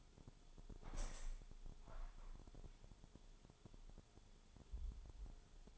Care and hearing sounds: daily activity, microphone in the room; open window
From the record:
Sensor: 5

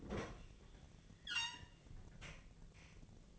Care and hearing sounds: daily activity, microphone in the room; open fridge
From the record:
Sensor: 4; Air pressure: 1010.5 hPa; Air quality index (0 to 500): 176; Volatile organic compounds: 5 ppm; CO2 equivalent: 1790 ppm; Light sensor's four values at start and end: 34/100/39/40 and 28/83/32/33

